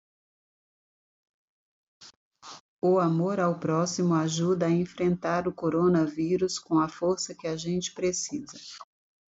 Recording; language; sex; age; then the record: spoken sentence; Brazilian Portuguese; female; 50 to 59 years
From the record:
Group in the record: control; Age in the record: 51 years